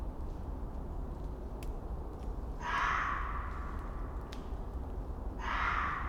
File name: Fox Screaming In Winter Forest In The Night